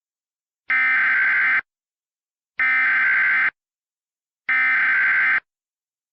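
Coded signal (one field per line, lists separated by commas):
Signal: Emergency Alert System (SAME) tones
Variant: header bursts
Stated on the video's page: Fictional emergency alert scenario depicting a nuclear power plant disaster, not a real activation.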